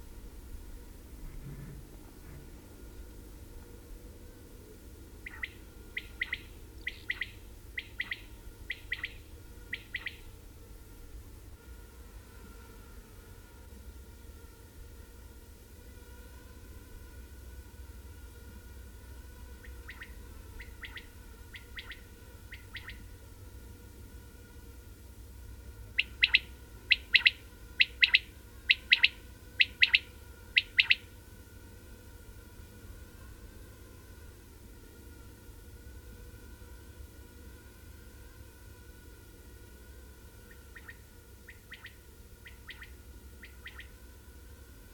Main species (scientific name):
Coturnix coturnix